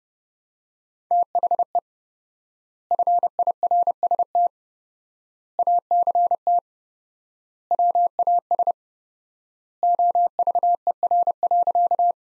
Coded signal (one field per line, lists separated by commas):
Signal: Morse code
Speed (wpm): 30 wpm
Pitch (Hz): 700 Hz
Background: none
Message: THE FIRST ACT WAS OVER.